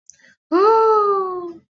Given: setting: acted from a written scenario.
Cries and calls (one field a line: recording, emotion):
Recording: vocal sound without words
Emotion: sympathy